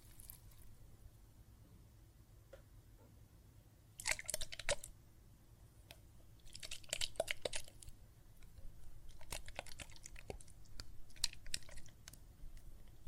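Soap foam crackles and fizzes in short bursts, around four seconds, again from about six and a half to eight, and in scattered pops from nine to twelve. Between bursts it goes quiet over a low, steady hum, with faint wet squishes.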